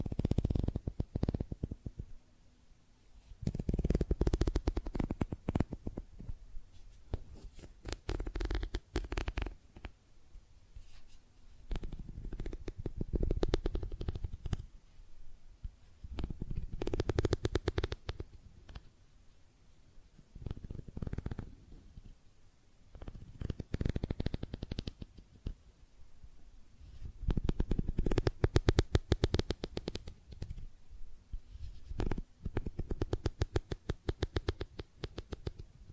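Makeup tapping and scratching, coming in bursts of quick, dense taps and scrapes a few seconds long, separated by short quieter gaps. Each burst mixes a dull, low thudding with crisp, rattly clicks, and the busiest stretches fall around 4, 17 and 28 seconds.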